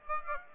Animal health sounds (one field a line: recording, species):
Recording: mosquito wingbeat signal from an infrared sensor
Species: Aedes aegypti